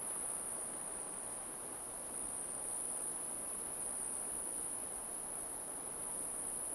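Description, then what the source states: Crickets in a continuous, very high, steady shrill drone, unbroken throughout, over a broad hiss of background noise. Crickets in an alpine forest.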